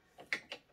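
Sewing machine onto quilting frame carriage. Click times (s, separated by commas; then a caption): 0.3 s. A Babylock Jazz II sewing machine is slid onto the Cutie Frame quilting frame carriage and pressed down after briefly catching on the machine handles. A sharp click at 0.3 s marks it locking into place, followed by a softer knock about 0.5 s. The machine ends up seated and snug on the carriage.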